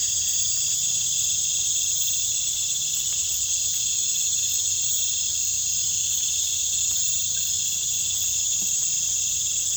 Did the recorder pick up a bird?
no